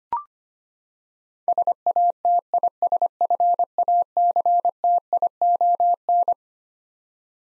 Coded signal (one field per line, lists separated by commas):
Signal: Morse code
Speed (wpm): 25 wpm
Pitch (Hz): 700 Hz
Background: none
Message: SATISFACTION